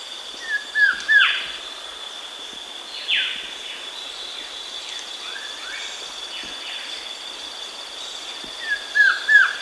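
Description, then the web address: Masked Trogon giving brief series of short falling notes at the start and end, with harsh descending calls between and a constant high insect whine behind. South America. "Natures Songs S America Masked Trogon (Trogon Personatus)"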